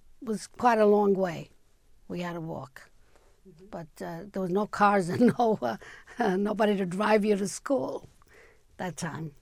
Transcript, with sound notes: was quite a long way we had to walk, but there were no cars ( she laughs ) and nobody to drive you to school at that time.